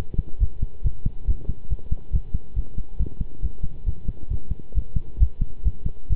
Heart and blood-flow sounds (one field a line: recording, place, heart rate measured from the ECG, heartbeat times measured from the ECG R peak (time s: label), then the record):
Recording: heart sounds by stethoscope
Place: between the tricuspid and mitral areas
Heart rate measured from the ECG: 137 bpm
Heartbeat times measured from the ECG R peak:
0.40 s: heartbeat
0.84 s: heartbeat
1.27 s: heartbeat
1.70 s: heartbeat
2.13 s: heartbeat
2.56 s: heartbeat
2.99 s: heartbeat
3.42 s: heartbeat
3.86 s: heartbeat
4.30 s: heartbeat
4.75 s: heartbeat
5.20 s: heartbeat
5.65 s: heartbeat
6.10 s: heartbeat
From the record:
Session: pedaling a stationary bicycle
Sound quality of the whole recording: good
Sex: male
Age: 23 years